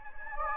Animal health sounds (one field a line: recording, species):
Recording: mosquito wingbeat signal from an infrared sensor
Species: Anopheles gambiae